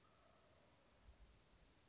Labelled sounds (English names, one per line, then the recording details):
Chestnut-backed Chickadee
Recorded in Sonoma County, California